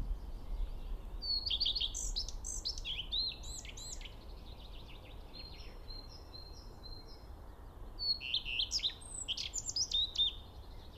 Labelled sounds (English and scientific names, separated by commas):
Common Redstart (Phoenicurus phoenicurus) song